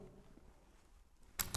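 On a GP-25 Kostyor under-barrel grenade launcher, the chrome-plated release key is pressed to unload it, freeing the grenade from the barrel. After quiet low background noise, two short sharp clicks sound at 1.4 s and 1.6 s as the grenade is released.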